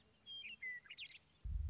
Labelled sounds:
Western Meadowlark
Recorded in Sonoma County, California

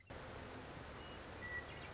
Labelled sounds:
Western Meadowlark
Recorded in Sonoma County, California

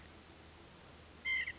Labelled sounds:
White-breasted Nuthatch
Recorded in Sonoma County, California

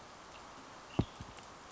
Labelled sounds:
Western Tanager
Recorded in Sonoma County, California

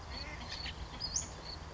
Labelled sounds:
Western Flycatcher
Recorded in Sonoma County, California

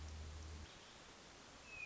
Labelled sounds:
Hermit Thrush
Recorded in Sonoma County, California

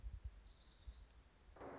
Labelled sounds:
Orange-crowned Warbler
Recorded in Sonoma County, California

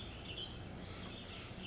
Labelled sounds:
Western Tanager
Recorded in Sonoma County, California

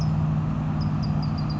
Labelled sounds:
California Towhee
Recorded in Sonoma County, California

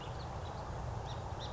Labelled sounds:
Song Sparrow
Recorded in Sonoma County, California

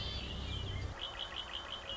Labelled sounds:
Red-winged Blackbird
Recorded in Sonoma County, California

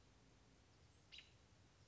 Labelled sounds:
American Robin
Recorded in Sonoma County, California

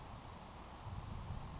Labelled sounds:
Grasshopper Sparrow
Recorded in Sonoma County, California

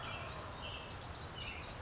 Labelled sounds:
American Robin
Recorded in Sonoma County, California

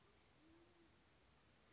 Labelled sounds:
Band-tailed Pigeon
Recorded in Sonoma County, California

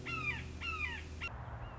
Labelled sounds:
Red-shouldered Hawk
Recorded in Sonoma County, California

